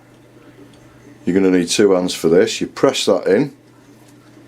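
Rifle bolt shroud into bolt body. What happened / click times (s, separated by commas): The part is being handled but has not clicked home yet / none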